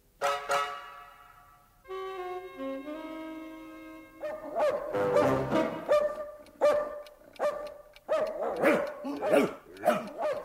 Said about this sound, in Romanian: Mai taci odată, potai!